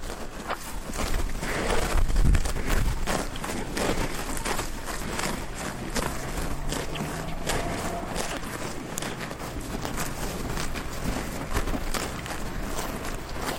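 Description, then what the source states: Cows feeding, with many quick irregular rips and crunches of grass over a steady low rumble. Cows feeding on a meadow in Kruchenhausen, part of Unterwössen, Chiemgau, Upper Bavaria.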